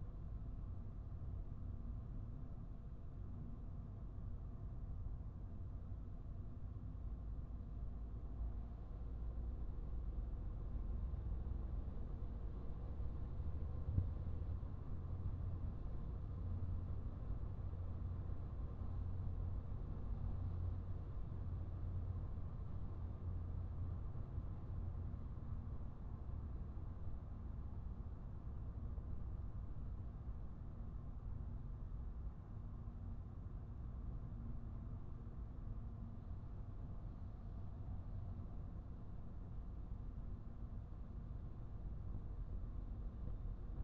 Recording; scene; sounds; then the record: everyday scene through a hearing-aid microphone; in a vehicle; engine, highway driving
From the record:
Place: Skoda Fabia, gasoline engine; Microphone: behind the ear, right, rear